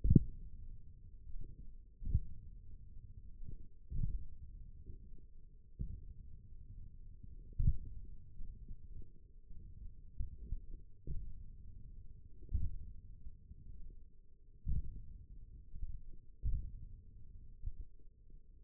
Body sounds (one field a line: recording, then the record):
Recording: forearm muscle sounds (acoustic myography)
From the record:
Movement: index flexion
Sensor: system 1, eight BSWA MPA416 microphones around the upper forearm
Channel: 2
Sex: male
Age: 28 years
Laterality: right